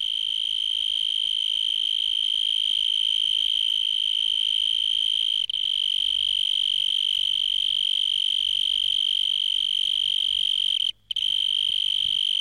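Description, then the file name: Insect trill, a steady high-pitched whine holding one pitch throughout, with a brief break near the end. "insetti insect"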